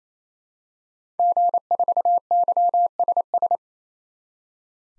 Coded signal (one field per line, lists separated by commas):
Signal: Morse code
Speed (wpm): 29 wpm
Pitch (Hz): 700 Hz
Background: none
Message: G4YSS